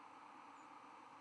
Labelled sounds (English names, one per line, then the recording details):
White-throated Sparrow flight call
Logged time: 03:03 on 11 November 2014